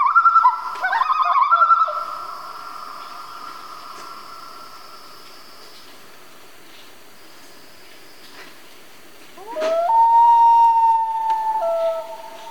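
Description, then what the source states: Common loon calls open with a quick warbling burst, followed by several quiet seconds, then a single long wail near the end. Canadian loons in a family group.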